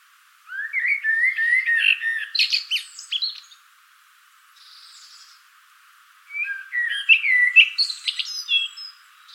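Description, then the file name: Common blackbird song: two phrases of mellow warbled notes with squeaky high twittering, separated by a pause. "Turdus merula"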